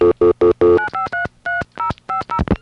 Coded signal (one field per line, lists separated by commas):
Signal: DTMF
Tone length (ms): 120 ms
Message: 9533050